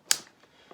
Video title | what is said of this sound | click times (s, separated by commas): Cutting Devices | i like this knife a lot you can hear it lock in | 0.1 s